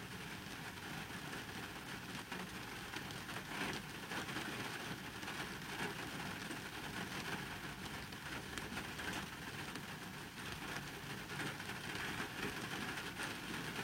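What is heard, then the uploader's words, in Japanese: Heavy rain drums on a parked car, heard from inside. The patter is dense and unbroken for the whole stretch, countless small hits blending into a steady hiss, over a soft low rumble that holds even throughout. とある日の雨の日の車内。無人の車内で録った音です。大雨の日に人のいない車内ではどんな音がしてるのかなと思って録ってみました。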